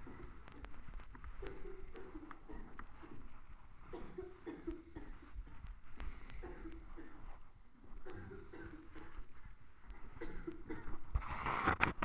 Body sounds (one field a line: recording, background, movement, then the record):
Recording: deep breathing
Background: a bystander coughing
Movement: walking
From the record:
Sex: male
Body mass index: 21.0 kg/m2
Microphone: on the chest, facing the body